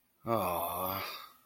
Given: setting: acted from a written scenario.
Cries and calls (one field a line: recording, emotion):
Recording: vocal sound without words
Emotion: sadness